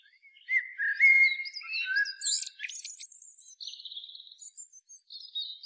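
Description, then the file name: Common blackbird: smooth low whistled notes rise into a jumble of high squeaks and a thin buzzy trill, then quiet high notes. "Turdus merula"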